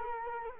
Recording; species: mosquito wingbeat signal from an infrared sensor; Culex quinquefasciatus